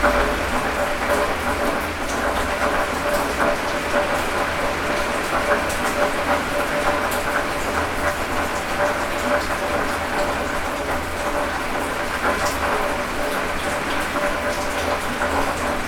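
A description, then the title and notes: Rain falls on a shed roof in a steady, dense patter of countless small taps, with water trickling through the gutter and downspout. The level holds even throughout, with scattered brighter drips and a faint low hum underneath. Rain on a shed. The rainwater tickles onto the shed roof and onto the gutter and runs down the downspout and drips onto the ground.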